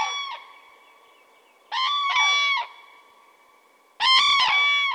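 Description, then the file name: Common crane calling with loud, ringing trumpet notes in doubled bursts separated by short pauses, each trailing a fading echo. "grus grus"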